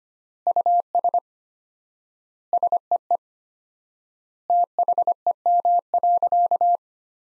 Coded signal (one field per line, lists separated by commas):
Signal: Morse code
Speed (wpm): 25 wpm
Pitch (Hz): 700 Hz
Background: none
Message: US SEE THEM.